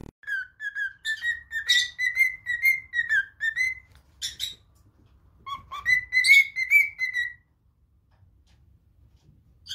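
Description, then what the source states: Cockatiel whistling: a long run of clear whistled notes, a short pause, then another whistled phrase before silence. More than one cockatiel, whistling song.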